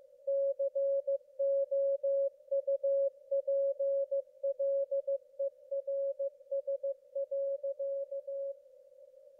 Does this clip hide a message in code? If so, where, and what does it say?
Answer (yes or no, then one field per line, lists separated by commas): yes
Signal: Morse code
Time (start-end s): 0.3-8.5 s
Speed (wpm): 15 wpm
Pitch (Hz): 550 Hz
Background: none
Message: COUPLERS.